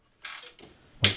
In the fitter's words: i click there's our click